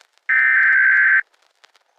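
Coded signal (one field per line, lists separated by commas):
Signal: Emergency Alert System (SAME) tones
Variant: header bursts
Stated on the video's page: Fictional alien invasion emergency alert scenario set in 2055.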